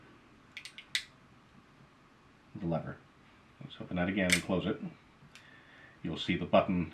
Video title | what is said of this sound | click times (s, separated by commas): Switchblades | up the blade catch and that latches into | 1.0 s